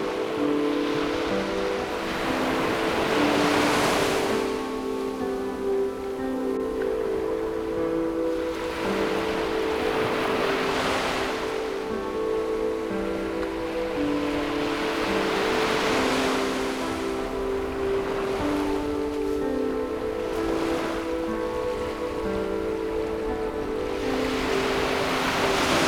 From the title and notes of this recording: 1 Hour of Ocean Waves and Music.